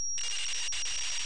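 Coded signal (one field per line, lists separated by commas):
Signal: computer data on cassette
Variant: Amstrad CPC, fast custom timing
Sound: abrupt harsh buzzing data screech with a whining tone, two tiny dropouts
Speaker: If you listen to the sound generated by the TCX Duino for the new CDT file, you can tell it's faster than the one before.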